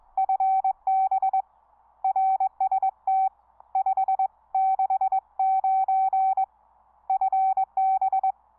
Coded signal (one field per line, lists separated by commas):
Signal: Morse code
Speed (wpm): 22 wpm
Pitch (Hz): 770 Hz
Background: none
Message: FB RST 569 FB